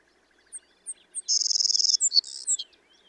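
Savannah Sparrow song: three thin, spaced high chips, then a long insect-like buzzy trill, closing with a few sharp slurred notes, over a quiet background.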